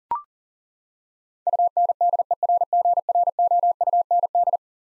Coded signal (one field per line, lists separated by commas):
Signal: Morse code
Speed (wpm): 40 wpm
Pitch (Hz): 700 Hz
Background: none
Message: UNDERGROUND